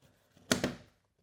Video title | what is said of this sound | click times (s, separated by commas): Stunning garden room pod from insulated metal panels, part 8 | And you can hear it clicking in. | 0.5 s, 0.6 s